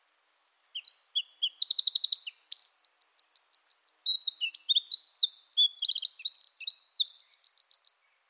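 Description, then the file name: Eurasian wren: loud, high-pitched song running nearly eight seconds, mixing quick sharp chips with several rolling trills; no other sounds. "Troglodytes troglodytes"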